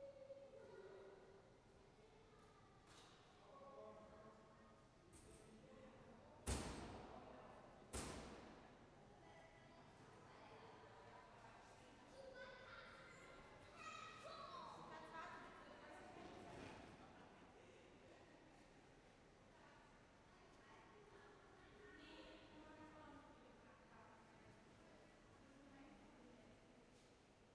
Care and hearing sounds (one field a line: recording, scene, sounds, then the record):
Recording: everyday scene through a hearing-aid microphone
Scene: reverberant space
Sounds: background noise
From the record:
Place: railway station hall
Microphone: behind the ear, left, front